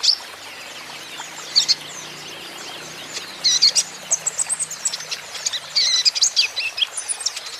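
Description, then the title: Van Hasselt's sunbird twittering: sparse, high sharp notes at first, then a fast, crowded burst of chirps in the second half. Green-phase ('ijoan') caged kolibri ninja (konin) singing persistently ('gacor'); used as a lure and therapy to make other kept konin answer. "KOLIBRI NINJA KONIN IJOAN GACOR COCOK UNTUK PANCINGAN TERAPI KONIN BAHAN PASTI NYAUT"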